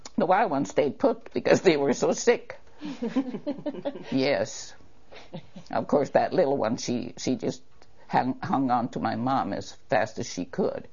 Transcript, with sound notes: The wild ones stayed put because they were so sick. (laughs) Yes. Of course that little one -- she - she just hang -- hung onto my mom as fast as she could.